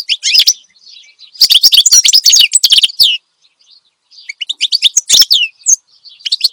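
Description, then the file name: Finch song in several bursts of fast, high twittering chirps separated by pauses with faint soft notes. Finch described as singing energetically and continuously ('gacor dor'); the recording is meant for tutoring songbirds (masteran). "Suara Kicauan Burung Finch Gacor Dor Cocok Untuk Masteran"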